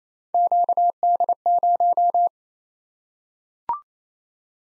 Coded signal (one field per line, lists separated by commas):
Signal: Morse code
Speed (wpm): 27 wpm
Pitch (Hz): 700 Hz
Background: none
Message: QD0